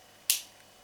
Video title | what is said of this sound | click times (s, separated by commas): 12 MERCEDES & BMW CONNECTORS 👀 HOW TO FIT AND REMOVE THE PINS 👀 | get that click you hear that | 0.3 s